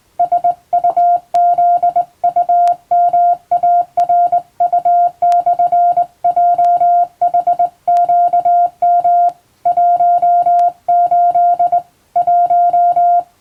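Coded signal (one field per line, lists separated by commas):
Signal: Morse code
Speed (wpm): 20 wpm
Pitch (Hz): 700 Hz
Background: music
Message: SUZUMARU/JHQM 18 1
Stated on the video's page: Morse code practice for the Japanese radio operator licence at 16 wpm.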